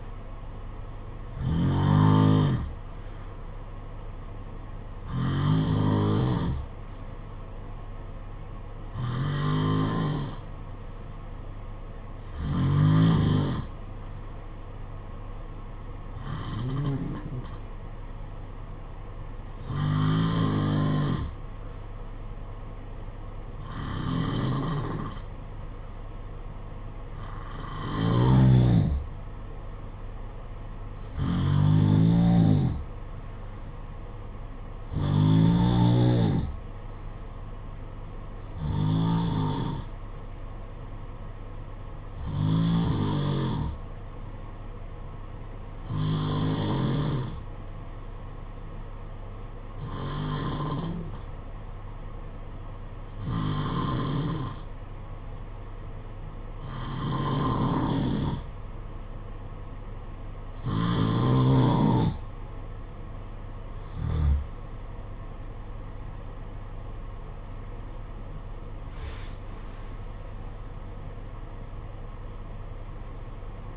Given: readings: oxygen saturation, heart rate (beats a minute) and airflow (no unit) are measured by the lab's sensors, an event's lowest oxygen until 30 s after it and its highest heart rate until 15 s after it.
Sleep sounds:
breathing in sleep by a smartphone at the bedside; 1
42.00-62.40 s: hypopnea (N2, oxygen 93% highest, then 90% lowest, heart rate 56 at the start, 68 highest)
From the record:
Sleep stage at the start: N2 (light sleep); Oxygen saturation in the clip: 90 to 94%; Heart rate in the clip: 55 to 68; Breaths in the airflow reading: 19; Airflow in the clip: -13.6 to 14.7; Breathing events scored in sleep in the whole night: 476 in 9.7 hours asleep

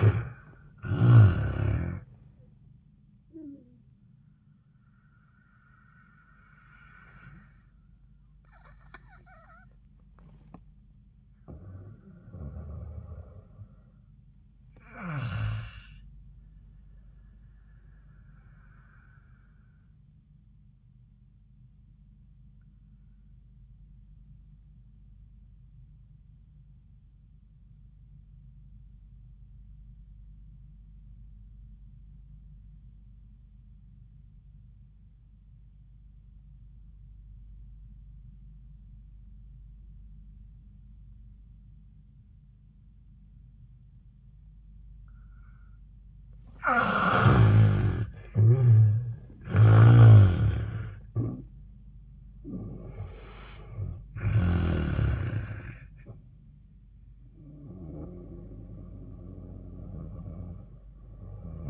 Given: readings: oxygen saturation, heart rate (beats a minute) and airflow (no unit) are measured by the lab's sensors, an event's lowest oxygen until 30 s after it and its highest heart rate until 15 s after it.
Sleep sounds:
breathing in sleep by a smartphone at the bedside; 1
17.00-47.00 s: new sleep stage, REM sleep
20.00-49.50 s: obstructive apnea (REM, oxygen 97% highest, then 68% lowest)
47.00-61.70 s: new sleep stage, N1 (lightest sleep)
From the record:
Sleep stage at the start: N1 (lightest sleep); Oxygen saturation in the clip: 60 to 97%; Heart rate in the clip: 72 to 91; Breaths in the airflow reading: 4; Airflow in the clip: -21.8 to 10.4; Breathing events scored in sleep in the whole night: 400 in 8.7 hours asleep

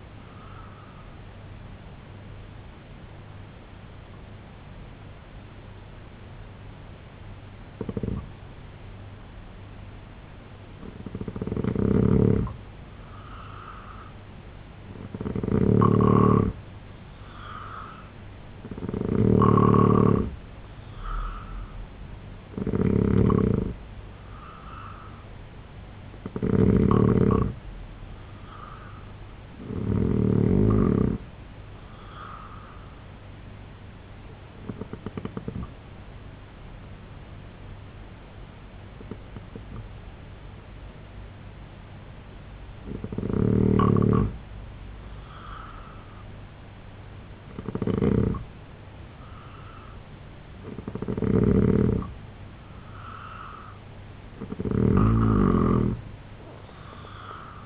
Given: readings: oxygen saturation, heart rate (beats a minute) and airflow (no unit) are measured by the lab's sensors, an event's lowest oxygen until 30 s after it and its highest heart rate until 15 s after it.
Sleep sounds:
breathing in sleep by a voice recorder at the bedside; 2
3.00-18.60 s: hypopnea (N2, oxygen 91% highest, then 86% lowest, heart rate 74 at the start, 78 highest)
34.00-45.90 s: hypopnea (N2, oxygen 90% highest, then 87% lowest, heart rate 75 at the start, 75 highest)
From the record:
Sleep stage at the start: N2 (light sleep); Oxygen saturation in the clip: 84 to 91%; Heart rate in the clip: 66 to 78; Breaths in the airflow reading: 10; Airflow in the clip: -3.9 to 6.5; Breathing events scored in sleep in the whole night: 258 in 7.4 hours asleep

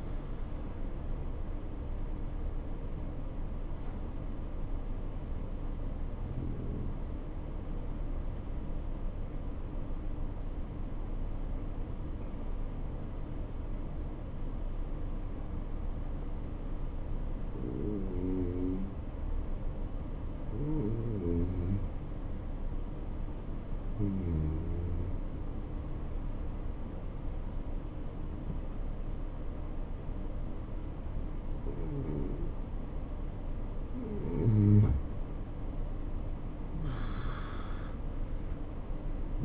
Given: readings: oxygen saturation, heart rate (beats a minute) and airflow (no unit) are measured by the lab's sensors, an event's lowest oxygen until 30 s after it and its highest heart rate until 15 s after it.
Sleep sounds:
breathing in sleep by a smartphone at the bedside; 1
5.00-32.80 s: hypopnea (N2, oxygen 95% highest, then 91% lowest, heart rate 70 at the start, 82 highest)
From the record:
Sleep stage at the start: N2 (light sleep); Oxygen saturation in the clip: 88 to 95%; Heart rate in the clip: 68 to 82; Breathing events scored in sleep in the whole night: 277 in 7.4 hours asleep

